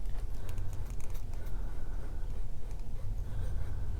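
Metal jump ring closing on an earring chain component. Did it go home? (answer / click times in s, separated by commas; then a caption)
no / none. A small metal jump ring on an earring chain component is handled with pliers while chandelier earrings are assembled after the chains are added, so that its ends can meet and close tightly. Faint light ticks and taps sit over a steady low rumble. Nothing has clicked closed yet.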